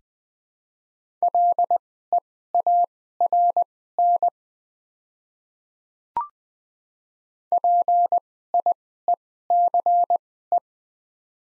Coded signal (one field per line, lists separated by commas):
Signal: Morse code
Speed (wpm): 20 wpm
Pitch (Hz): 700 Hz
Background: none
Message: LEARN PIECE